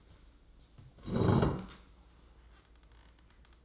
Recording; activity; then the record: daily activity, microphone in the room; sit down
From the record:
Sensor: 3